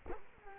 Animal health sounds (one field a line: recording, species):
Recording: mosquito wingbeat signal from an infrared sensor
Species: Culex quinquefasciatus